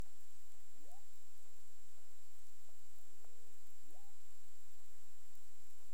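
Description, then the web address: Cetacean tonal units: a steep upsweep, a long flat tone, an arched note and another upsweep, with sparse faint clicks and a continuous high hum. Clicks recorded off Bermuda on 17 April 2021 at 23:59 UTC, part of the CARIMAM sample collection. "CARIMAM SAMPLES. BERMUDE 20211704 23 h 59 clic"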